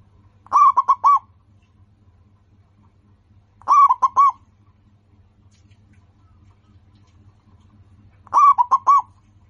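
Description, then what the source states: Zebra dove song: three short rolling phrases of three or four rapid coos, a few seconds apart, over a quiet low hum. Local-strain bird singing actively, with a voice described as crystal clear and loud.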